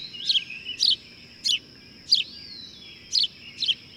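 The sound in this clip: Bird giving short, bright, high chirps, six bursts spaced unevenly over four seconds, over a steady thin high tone.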